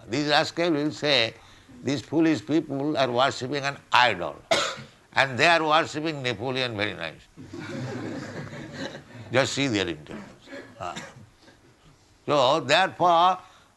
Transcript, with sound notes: These rascal will say, "These foolish people are worshiping an idol." And they are worshiping Napoleon very nicely. [laughter] Just see their intelligence. So therefore,